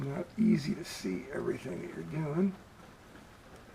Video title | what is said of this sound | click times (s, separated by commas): 1936 International Flathead Motor rebuild (Springs and Cam Install) Part#5 | then we'll release. Oh, it didn't catch. That's why. | none